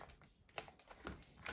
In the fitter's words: I snap the top one and